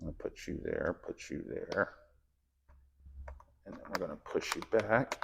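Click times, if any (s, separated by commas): none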